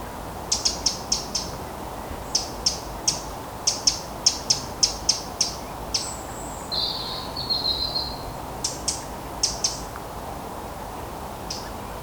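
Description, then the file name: Eurasian wren giving dry, ticking calls in quick runs, pausing between runs, with a thin whistle midway. "Troglodytes troglodytes"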